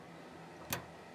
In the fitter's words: can hook up my fuel line and it snaps into place and